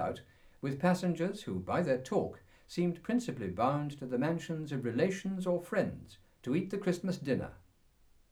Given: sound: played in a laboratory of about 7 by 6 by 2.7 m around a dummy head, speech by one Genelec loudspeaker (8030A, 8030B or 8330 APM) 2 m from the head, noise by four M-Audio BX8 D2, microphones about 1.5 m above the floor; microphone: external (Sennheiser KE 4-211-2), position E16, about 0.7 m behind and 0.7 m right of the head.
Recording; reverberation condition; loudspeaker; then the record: male speech in English; low; behind (180 degrees)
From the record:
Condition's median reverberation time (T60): about 310 ms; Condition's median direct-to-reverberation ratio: about 3.5 dB